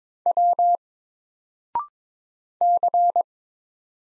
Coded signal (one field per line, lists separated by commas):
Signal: Morse code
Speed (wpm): 22 wpm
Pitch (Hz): 700 Hz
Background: none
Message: W C